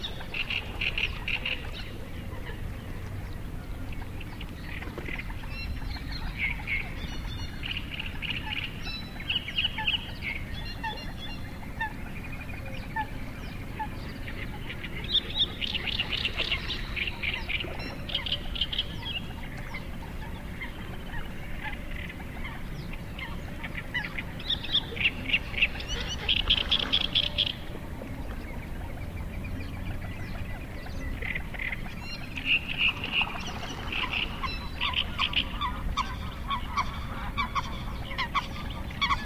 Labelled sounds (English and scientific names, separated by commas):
Little Grebe (Tachybaptus ruficollis) call